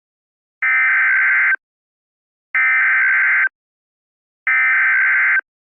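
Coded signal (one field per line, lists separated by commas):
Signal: Emergency Alert System (SAME) tones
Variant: header bursts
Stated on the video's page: Mock EAS alert made as analog horror fiction, not a real broadcast.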